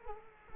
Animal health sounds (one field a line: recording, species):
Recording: mosquito wingbeat signal from an infrared sensor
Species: Culex quinquefasciatus